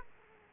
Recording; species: mosquito wingbeat signal from an infrared sensor; Aedes aegypti